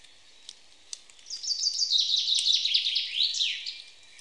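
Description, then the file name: Common chaffinch giving a single song phrase, a rapid series of falling trilled notes ending in an emphatic flourish, preceded by a few faint ticks. "Fringilla coelebs"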